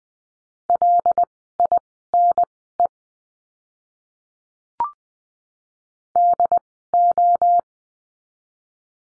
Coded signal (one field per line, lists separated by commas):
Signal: Morse code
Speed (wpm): 20 wpm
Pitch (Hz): 700 Hz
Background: none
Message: LINE DO